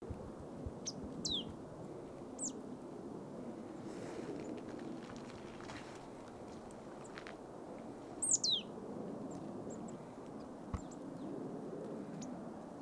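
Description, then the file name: Marsh tit calls: thin, high, sharply descending notes given singly and in quick pairs, scattered over a steady low background rumble. "Poecile palustris"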